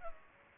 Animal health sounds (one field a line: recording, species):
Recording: mosquito wingbeat signal from an infrared sensor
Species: Culex pipiens